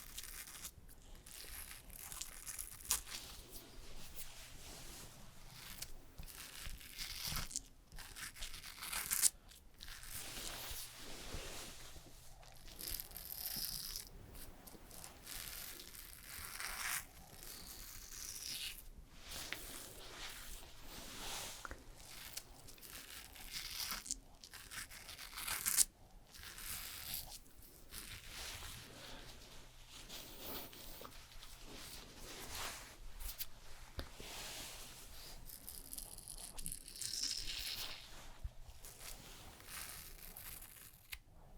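Crisp haircut and shaving sounds: dense bright snipping, scraping and crinkling rustles fill the recording, broken by frequent brief silent gaps. A low motor-like hum comes and goes in stretches of a few seconds, and no voice is heard.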